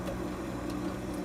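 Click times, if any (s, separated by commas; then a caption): none. A replacement evaporator fan motor (WR60X10141 / WR60X10138) or its wire connector is being pushed toward its place in the fan housing of a Hotpoint GE refrigerator that was not cooling, just after its wires have been connected. A steady low hum with faint ticking and light handling noise is heard throughout. Nothing has seated or clicked yet.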